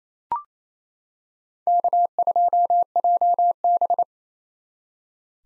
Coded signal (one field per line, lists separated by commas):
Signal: Morse code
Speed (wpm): 28 wpm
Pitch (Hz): 700 Hz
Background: none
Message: K2JB